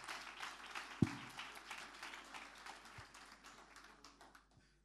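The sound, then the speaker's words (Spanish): A crowd at a church worship service claps steadily in praise to the Lord, a dense, crackling wash of applause with a few louder thumps, gradually thinning and fading out near the end. No one speaks. “Fuerte ese aplauso de alabanza al Señor.”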